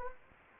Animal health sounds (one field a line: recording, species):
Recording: mosquito wingbeat signal from an infrared sensor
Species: Anopheles gambiae